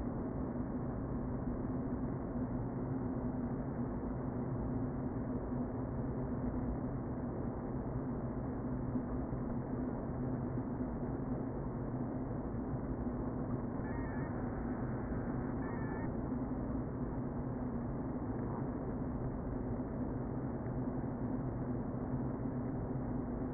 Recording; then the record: honeybee colony, microphone inside the hive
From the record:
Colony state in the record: queen present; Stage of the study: before two queens were removed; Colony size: about 60,000 bees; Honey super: yes